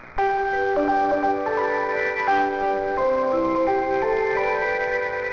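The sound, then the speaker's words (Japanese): A bright, electronic chime melody, the departure melody at Bentencho Station on the Osaka Loop Line in Japan, plays the American folk song 'Senro wa Tsuzuku yo Doko made mo' steadily, its clear tones stepping up and down in a cheerful tune, with no one speaking over it. “弁天町駅の発車メロディーはアメリカ民謡の線路は続くやどこまでも。”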